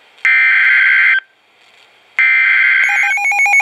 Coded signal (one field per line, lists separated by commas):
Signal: Emergency Alert System (SAME) tones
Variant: header bursts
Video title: Areal Flood Warning (EAS #243)